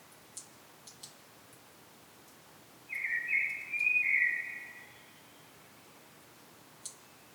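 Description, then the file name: Common blackbird giving a single short mellow warbled phrase midway, with a few faint clicks before and after in otherwise quiet surroundings. "Turdus merula"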